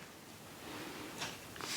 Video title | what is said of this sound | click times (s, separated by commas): 1/100 Sinanju Ver. Ka Titanium Finish Review | you snap into place like this and now you get a double wielded beam axe which i think looks pretty epic | 1.6 s